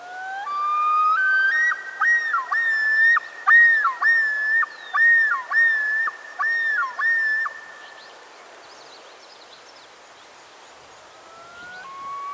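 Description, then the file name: Common Loon call that rises in steps from a lower whistle, then breaks into a series of dipping, yodelling phrases before fading; another rising whistle starts at the end. "Gavia immer - Great Northern Loon"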